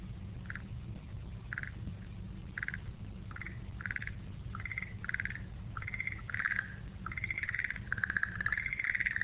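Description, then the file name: Frog calls given as short, harsh croaking notes about once a second, growing more frequent toward the end, over a low rumbling background. "kaeru"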